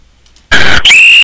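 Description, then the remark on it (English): Two loud, shrill blasts on a cop whistle in quick succession, the second slightly higher and longer, each piercing tone carrying a breathy, airy rasp, with no talking. “Put that whistle away”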